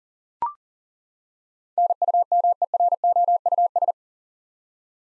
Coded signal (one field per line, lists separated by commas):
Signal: Morse code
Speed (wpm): 40 wpm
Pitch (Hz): 700 Hz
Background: none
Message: NUMEROUS